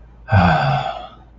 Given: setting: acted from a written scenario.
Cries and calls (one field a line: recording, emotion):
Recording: vocal sound without words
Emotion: disappointment